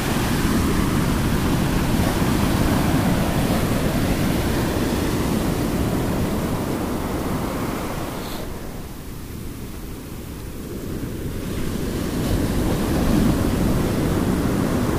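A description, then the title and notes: Ocean waves roll in a steady, dense wash of surf heavy in the low end, with wind buffeting the microphone. Around the eight-second mark the roar thins and softens as a wave draws back, then builds again to full strength by twelve seconds. Calm Ocean Breeze. The soothing rhythm of the ocean waves creates a tranquil ambiance.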